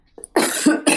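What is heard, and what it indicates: Two short, harsh coughs in quick succession from an adult woman who is recovering from a complete loss of voice one to two weeks earlier.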